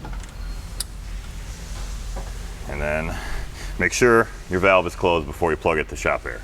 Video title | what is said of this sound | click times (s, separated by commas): How To Perform A Boost Test | so once you push it into the fitting it'll you'll hear the click | 0.8 s